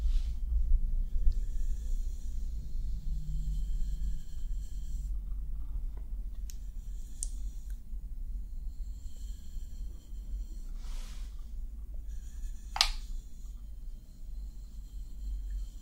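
Soft brushing and stroking over the face, a low steady rumble underneath, with airy swishes recurring and a sharper brush stroke near thirteen seconds.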